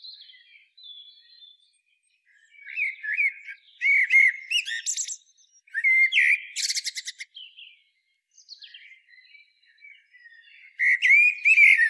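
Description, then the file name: Common blackbird: several bursts of squeaky, warbling notes around a mid-high pitch with sharp high twitters, separated by short quiet gaps, with faint thin notes between. "Turdus merula"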